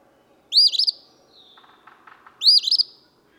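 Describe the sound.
Eastern phoebe singing two raspy, buzzy phrases about two seconds apart, with soft low chips and a thin whistle in the gap.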